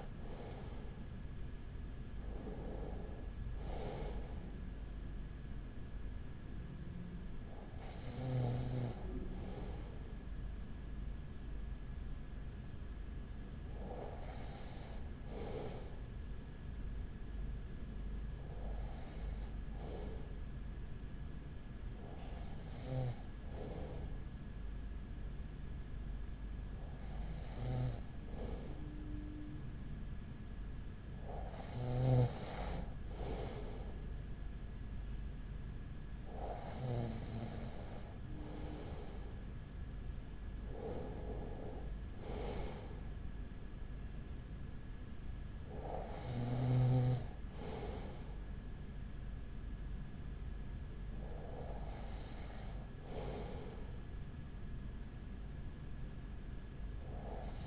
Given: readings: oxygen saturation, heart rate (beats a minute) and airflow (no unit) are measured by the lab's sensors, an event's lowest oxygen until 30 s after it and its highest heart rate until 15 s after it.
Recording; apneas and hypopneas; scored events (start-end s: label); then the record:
breathing in sleep by a smartphone at the bedside; none
24.00-57.66 s: new sleep stage, N2 (light sleep)
From the record:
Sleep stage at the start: N1 (lightest sleep); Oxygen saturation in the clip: 94 to 95%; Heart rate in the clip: 37 to 43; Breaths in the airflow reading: 12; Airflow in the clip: -6.0 to 5.9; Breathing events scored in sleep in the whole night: 207 in 7.6 hours asleep